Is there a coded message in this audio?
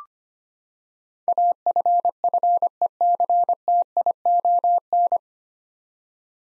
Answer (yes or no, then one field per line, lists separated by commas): yes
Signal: Morse code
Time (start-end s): 1.3-5.2 s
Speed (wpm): 25 wpm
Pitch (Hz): 700 Hz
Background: none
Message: AFFECTION